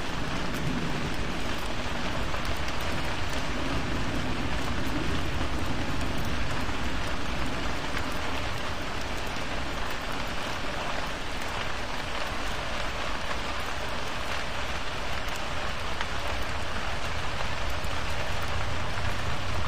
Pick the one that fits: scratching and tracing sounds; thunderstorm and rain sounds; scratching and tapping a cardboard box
thunderstorm and rain sounds